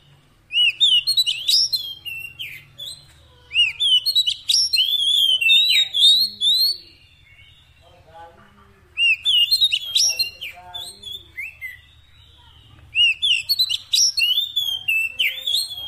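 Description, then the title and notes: Oriental magpie-robin song of bright, sweeping whistles and sharp chirps in four loud bursts with quiet gaps, over a faint low hum. Long-duration fill-in (isian) song of a kacer, used to make the bird sing persistently day and night. "Kacer Jadi Gacor Siang Malam. Isian Kacer Durasi Panjang"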